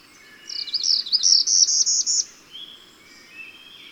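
Bird song, a fast high chattering phrase of about two seconds, followed by fainter thin whistled notes.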